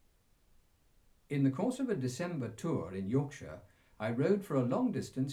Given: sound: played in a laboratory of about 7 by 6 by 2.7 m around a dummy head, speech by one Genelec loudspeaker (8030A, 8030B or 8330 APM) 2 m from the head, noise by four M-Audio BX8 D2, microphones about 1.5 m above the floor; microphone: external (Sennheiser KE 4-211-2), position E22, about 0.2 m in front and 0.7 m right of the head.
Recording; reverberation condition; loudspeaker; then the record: male speech in English; low; in front (0 degrees)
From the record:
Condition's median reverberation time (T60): about 310 ms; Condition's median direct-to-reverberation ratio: about 3.5 dB